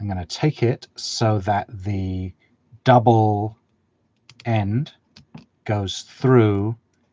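A plastic Lego Technic pin is being handled and lined up with a beam hole, double end first, while someone talks. A few faint taps and clicks come between the words, including a sharp tick at about 4.3 seconds. Nothing has seated or clicked into place yet.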